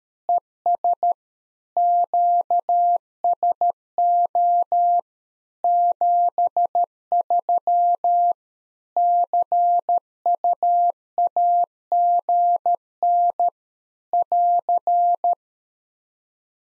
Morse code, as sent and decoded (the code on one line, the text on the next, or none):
. ... / --.- ... --- / --... ...-- / -.-. ..- .- --. -. / .-.-.
ES QSO 73 CUAGN <AR>